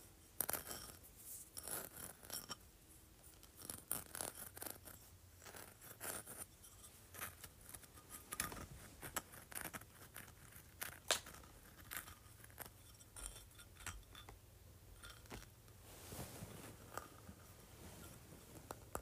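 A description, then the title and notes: A large textured sea shell is handled, giving bright clicking, scraping and clattering sounds that come in quick irregular bursts throughout. Louder knocks land around 8 and 11 seconds, and a low steady hum runs underneath the whole time. ASMR Large Textured Sea Shell.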